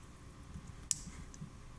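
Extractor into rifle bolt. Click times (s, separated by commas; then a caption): 0.9 s. An extractor is dropped into its recess in a steel M1 Carbine bolt and pressed until it snaps into place. A single sharp, bright click sounds at 0.9 s, followed by a much fainter tick at 1.3 s over a low background hum. The extractor is seated in the bolt.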